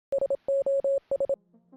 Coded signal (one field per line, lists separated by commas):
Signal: Morse code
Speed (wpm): 27 wpm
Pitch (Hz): 550 Hz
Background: none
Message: SOS